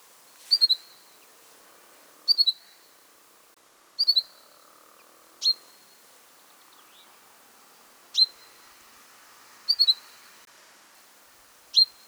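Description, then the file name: Common chaffinch giving short, sharp, high call notes, some doubled or tripled, repeated every few seconds against a quiet background. "Fringilla coelebs"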